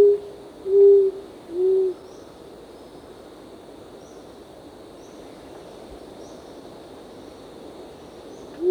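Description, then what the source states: Short-toed coucal giving low, soft hoots, a few spaced about a second apart near the start, then a long quiet pause before another hoot begins at the end; faint insect hum behind. Recorded 1 April 2006.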